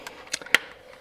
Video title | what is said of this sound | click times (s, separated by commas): Porsche 993/964 Climate Control Unit Fan Motor Repair! (DIY) | right so that's it snapped on so | 0.5 s